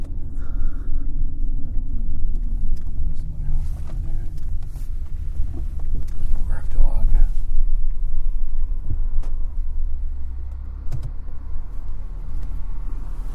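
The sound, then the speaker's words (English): Cars approach along a road in a deep, steady roar that swells slightly midway, with wind buffeting the microphone and no clear voices. “Some cars coming.”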